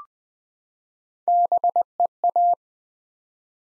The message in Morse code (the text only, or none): BEA